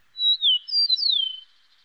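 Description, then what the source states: Eastern Meadowlark song: a short run of clear, slurred whistles, ending in a higher whistle that slides down in pitch. Played as an example of making sure listeners hear the right species, contrasted with the western meadowlark.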